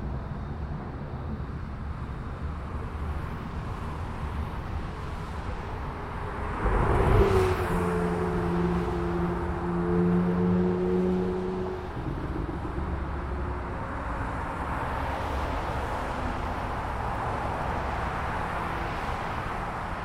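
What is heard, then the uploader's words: Traffic on a highway, with a steady rumble of passing vehicles throughout. Around seven seconds a loud vehicle sweeps by, and a low droning tone holds for several seconds before fading back into the constant roadway noise. Field Recording with Marantz PMD620 I. Recorded by Highway 66 in Arlington, Virginia.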